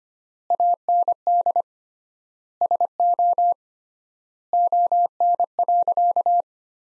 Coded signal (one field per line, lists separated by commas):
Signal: Morse code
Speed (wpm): 25 wpm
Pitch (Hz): 700 Hz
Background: none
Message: AND SO ON.